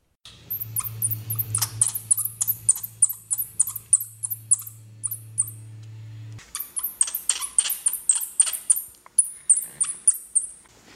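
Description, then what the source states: Florida bonneted bat echolocation: rapid series of high, sharply falling chirps, several each second, briefly pausing, with a low steady hum under the first half. Low-frequency echolocation calls, audible to most humans; recorded in southern Florida, provided by Zoo Miami and the Miami Bat Lab.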